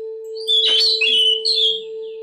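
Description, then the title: Oriental magpie-robin singing a dense, rapid phrase of bright warbled and whistled notes lasting about one and a half seconds, with a steady background hum throughout. Chirping song. "Kicau Kacer"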